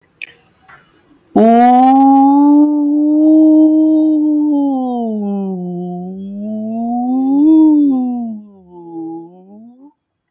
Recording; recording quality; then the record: sustained vowel as in boot; excellent, no background noise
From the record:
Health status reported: healthy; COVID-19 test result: negative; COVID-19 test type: RT-PCR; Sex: male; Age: 30 years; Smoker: no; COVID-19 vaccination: one dose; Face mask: not worn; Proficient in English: yes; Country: India